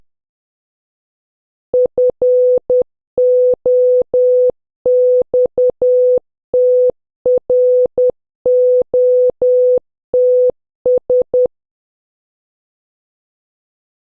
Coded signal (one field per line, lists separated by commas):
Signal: Morse code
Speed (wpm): 10 wpm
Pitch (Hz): 500 Hz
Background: none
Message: FOXTROTS